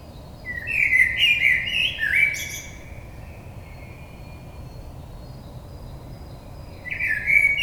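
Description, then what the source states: Common blackbird song: several mellow, slurred whistles followed by a thin high twitter, silence for a few seconds, then a new fluty phrase starts. Recorded 22 May 2022.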